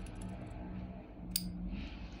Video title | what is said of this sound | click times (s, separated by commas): Quick info about starting live streaming #lockpicking #locksport #bane #banesekulic #serbia | See that? Uh heard you heard that click. | 1.4 s